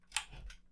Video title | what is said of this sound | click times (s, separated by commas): How to Install a Graphics Card into your PC | and then you just push it in until you hear this click | 0.2 s